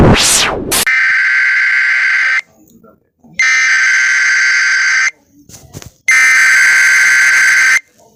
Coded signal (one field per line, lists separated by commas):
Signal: Emergency Alert System (SAME) tones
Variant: header bursts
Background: speech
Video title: EAS Scenario 16 Phenomenon in Atlanta And New York City (TWOSDAY FAKE)